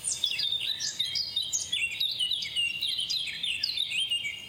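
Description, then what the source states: Eurasian Blackcap song, a fast, varied warble of sharp high notes and twittering phrases running continuously. Song opens exactly like a European pied flycatcher's song, which it imitates; this can confuse observers doing field surveys.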